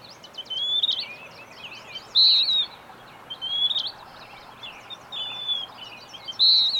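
Bird song of clear high whistled phrases repeated again and again, mixed with rapid twittering chirps against constant background hiss.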